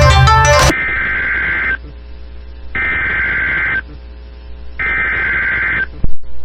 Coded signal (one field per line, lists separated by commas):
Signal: Emergency Alert System (SAME) tones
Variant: header bursts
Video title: REAL EAS Severe Thunderstorm Warning interrupts TV Station (10/06/21)